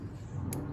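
Plug A of a TCM Motorsports tune harness for a 2.0L Alfa Romeo Giulia is pressed into its socket on the vehicle connector. A single sharp click at 0.5 s stands out over a steady low rumble, and the plug snaps in place, seated.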